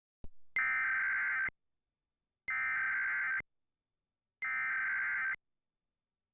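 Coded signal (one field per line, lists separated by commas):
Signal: Emergency Alert System (SAME) tones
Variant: header bursts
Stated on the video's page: First nationwide EAS test, recorded live from an Austin, Texas TV station.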